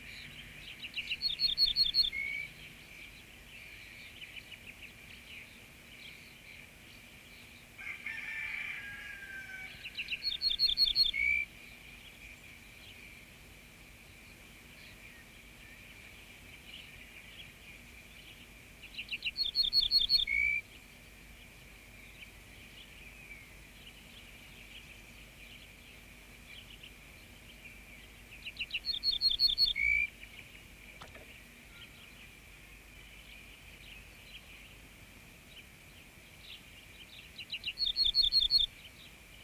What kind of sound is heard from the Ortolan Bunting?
song